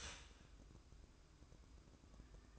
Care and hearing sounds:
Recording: daily activity, microphone in the room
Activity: start toaster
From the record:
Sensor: 2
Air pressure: 1006.9 hPa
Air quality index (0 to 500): 40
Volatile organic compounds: 1 ppm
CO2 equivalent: 541 ppm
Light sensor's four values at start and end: 6/15/6/6 and 6/14/6/6

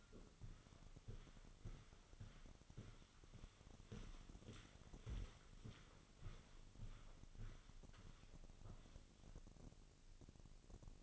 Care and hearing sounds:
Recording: daily activity, microphone in the room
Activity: walk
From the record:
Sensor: 4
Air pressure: 1010.1 hPa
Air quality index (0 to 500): 172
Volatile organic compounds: 2 ppm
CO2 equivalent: 1246 ppm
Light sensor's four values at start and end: 55/137/58/63 and 54/135/57/62

